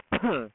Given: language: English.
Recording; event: throat vibration sensor signal played as sound; cough